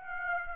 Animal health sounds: mosquito wingbeat signal from an infrared sensor; Aedes aegypti

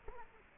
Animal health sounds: mosquito wingbeat signal from an infrared sensor; Culex quinquefasciatus

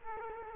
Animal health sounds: mosquito wingbeat signal from an infrared sensor; Culex quinquefasciatus

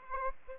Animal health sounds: mosquito wingbeat signal from an infrared sensor; Aedes aegypti

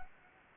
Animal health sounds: mosquito wingbeat signal from an infrared sensor; Anopheles gambiae

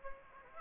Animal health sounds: mosquito wingbeat signal from an infrared sensor; Aedes aegypti

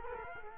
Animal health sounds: mosquito wingbeat signal from an infrared sensor; Culex quinquefasciatus

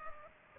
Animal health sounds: mosquito wingbeat signal from an infrared sensor; Culex pipiens

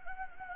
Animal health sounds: mosquito wingbeat signal from an infrared sensor; Anopheles gambiae

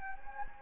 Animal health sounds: mosquito wingbeat signal from an infrared sensor; Anopheles gambiae

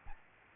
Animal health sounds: mosquito wingbeat signal from an infrared sensor; Aedes albopictus

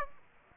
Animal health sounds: mosquito wingbeat signal from an infrared sensor; Aedes aegypti

